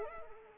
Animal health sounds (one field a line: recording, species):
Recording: mosquito wingbeat signal from an infrared sensor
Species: Anopheles arabiensis